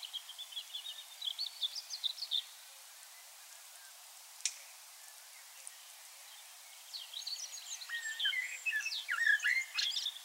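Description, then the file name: Common blackbird calls: high chirping notes, then a quiet gap broken by a sharp click, then a lively burst of rising and falling whistles. "Turdus merula"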